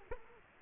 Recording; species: mosquito wingbeat signal from an infrared sensor; Culex quinquefasciatus